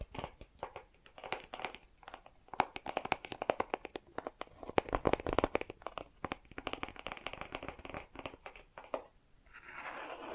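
Bracelets and jewelry boxes being handled, with dense bursts of sharp clicks, clinks and rattles. Clusters come quickly and irregularly, loudest in the middle seconds. Near the end the clicking stops and a soft, steady rustle or hiss takes over.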